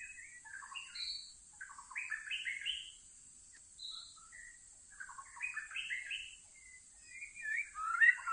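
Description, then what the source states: White-rumped shama song, fairly soft: clusters of quick warbled and whistled notes in short bursts separated by gaps, with a continuous high hiss. Lure (pikat) song for attracting birds.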